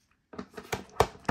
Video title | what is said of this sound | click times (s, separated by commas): Matchbox Action Drivers Ferry Port Playset - Unboxing and Review (New for 2023) | um right here it has like again this like the water feature part of it it just snaps into place | 1.0 s